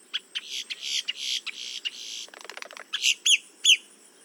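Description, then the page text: Boat-tailed grackle song: rasping, buzzy chatter and a rapid clicking rattle, finishing with loud rising whistled notes. "Paul Marvin - Лодкохвостый гракл (Quiscalus major)"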